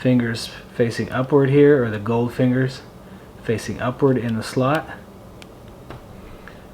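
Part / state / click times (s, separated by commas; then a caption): micro SD card into action camera card slot / seated / 5.4 s, 6.5 s. Someone talks while sliding a micro SD card, gold contacts facing up, into the spring-loaded card slot of a DJI Osmo Action 4K camera. After the talking stops, sharp clicks are heard at 5.4 s and 6.5 s as the card clicks into place and is seated.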